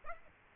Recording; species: mosquito wingbeat signal from an infrared sensor; Aedes aegypti